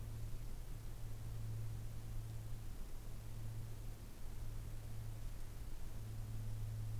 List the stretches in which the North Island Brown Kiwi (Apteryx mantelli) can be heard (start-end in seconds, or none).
none